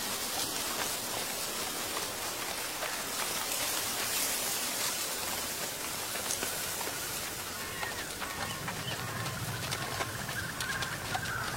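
Fallen leaves rustle and crackle in a dense, steady hiss with countless small ticks, holding an even level throughout. From around eight and a half seconds, a low hum and a faint, lingering ringing tone join underneath, like a temple bell carrying from the distance.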